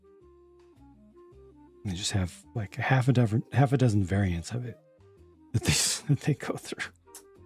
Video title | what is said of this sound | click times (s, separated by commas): 🔴 Kotobukiya Megalomaria Mephisto (prototype color) build | There we go. The satisfying snap. | 7.1 s